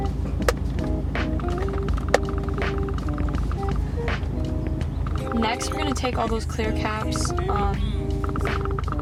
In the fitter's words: just basically press along the trim and you'll hear it snapping in